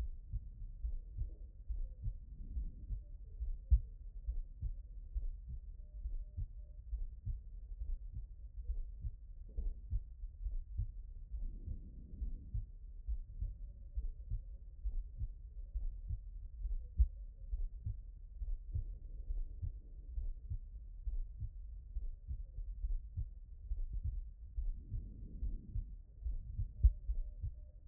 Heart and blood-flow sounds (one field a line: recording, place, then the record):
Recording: heart sounds by stethoscope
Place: pulmonary valve (PV)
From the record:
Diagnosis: HFrEF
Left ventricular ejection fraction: 40%